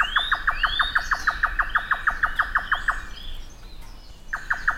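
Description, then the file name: Grey nightjar knocking notes repeated quickly for three seconds, a short gap, then the series starts again; other birds whistle faintly above. "nightjar-grey -Caprimulgus-jotaka"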